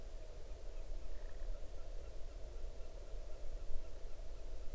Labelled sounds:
waterfowl
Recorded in the Arctic National Wildlife Refuge, Alaska, on 8 June 2019 at 00:15
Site 40

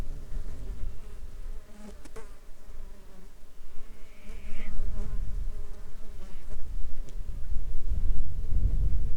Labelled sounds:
bird, insects
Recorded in the Arctic National Wildlife Refuge, Alaska, on 21 July 2021 at 09:16
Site 33

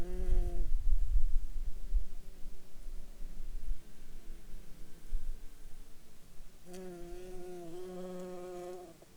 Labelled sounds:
insects
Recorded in Ivvavik National Park, Yukon, on 5 July 2019 at 14:48
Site SINP09

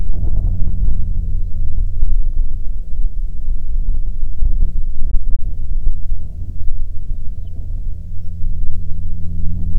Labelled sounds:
songbird, wind, aircraft
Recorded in the Prudhoe Bay oil fields, Alaska, on 5 June 2019 at 13:33
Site 16

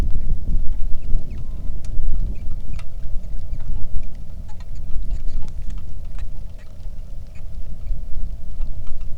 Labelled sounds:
songbird, wind, rain
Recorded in the Arctic National Wildlife Refuge, Alaska, on 3 August 2019 at 09:26
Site 46

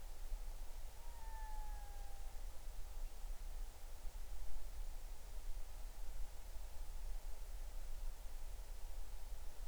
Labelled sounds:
loon
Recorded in the Arctic National Wildlife Refuge, Alaska, on 20 July 2019 at 03:19
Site 38

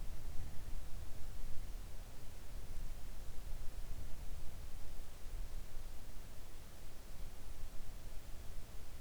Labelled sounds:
near silence
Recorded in the Arctic National Wildlife Refuge, Alaska, on 3 August 2019 at 06:12
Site 41

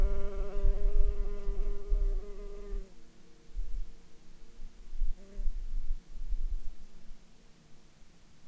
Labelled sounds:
wind, insects
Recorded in Ivvavik National Park, Yukon, on 29 June 2019 at 20:15
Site SINP09

